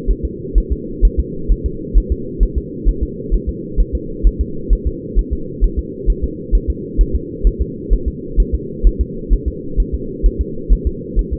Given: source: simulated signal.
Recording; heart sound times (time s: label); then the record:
fetal heart sounds
0.10 s: S1
0.25 s: S2
0.58 s: S1
0.72 s: S2
1.05 s: S1
1.20 s: S2
1.52 s: S1
1.66 s: S2
1.97 s: S1
2.12 s: S2
2.43 s: S1
2.58 s: S2
2.89 s: S1
3.03 s: S2
3.34 s: S1
3.49 s: S2
3.80 s: S1
3.95 s: S2
4.27 s: S1
4.41 s: S2
4.73 s: S1
4.87 s: S2
5.19 s: S1
5.33 s: S2
5.64 s: S1
5.79 s: S2
6.10 s: S1
6.24 s: S2
6.55 s: S1
6.70 s: S2
7.01 s: S1
7.15 s: S2
7.47 s: S1
7.61 s: S2
7.93 s: S1
8.08 s: S2
8.40 s: S1
8.54 s: S2
8.87 s: S1
9.01 s: S2
9.33 s: S1
9.48 s: S2
9.80 s: S1
9.94 s: S2
10.26 s: S1
10.41 s: S2
10.73 s: S1
10.87 s: S2
11.19 s: S1
11.33 s: S2
From the record:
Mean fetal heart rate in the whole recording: 130 bpm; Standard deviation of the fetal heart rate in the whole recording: 2 bpm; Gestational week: 36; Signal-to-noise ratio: -4.3 dB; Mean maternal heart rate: 72 bpm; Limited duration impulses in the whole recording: absent